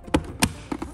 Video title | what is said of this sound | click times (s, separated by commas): How to replace an indicator On the Clearview Next Gen Towing Mirrors | And then what you wanna do is evenly press until you hear a click, like so, and that's in. | 0.1 s, 0.4 s